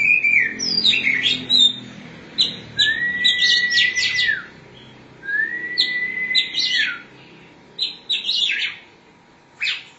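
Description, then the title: Oriental magpie-robin song: scratchy, harsh notes mixed with long, clear whistles and bursts of quick, varied high phrases, with short pauses between. "Suara Kicauan Burung Kacer Durasi Panjang"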